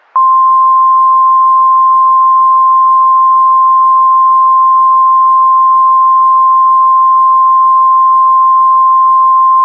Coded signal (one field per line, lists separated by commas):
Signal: Emergency Alert System (SAME) tones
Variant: 1050 Hz attention tone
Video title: (EAS Scenario) Shadowed Romance Part 1: Under Nightmare's Spell